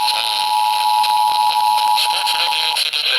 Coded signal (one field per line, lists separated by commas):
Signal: Emergency Alert System (SAME) tones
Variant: 853 and 960 Hz attention tone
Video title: STREAMING SERVICES... EAS Alerts from 9/8/21 (EAS #6,294 - 6,315)